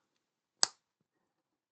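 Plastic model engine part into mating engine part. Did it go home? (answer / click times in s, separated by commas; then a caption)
yes / 0.6 s. Two plastic engine parts of a 1:32 scale Lancaster B.III model bomber are pushed together by hand without glue, making a single sharp, bright snap at 0.6 s against near silence. The parts are seated firmly and will not come apart.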